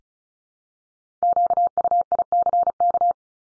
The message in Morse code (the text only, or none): QUICK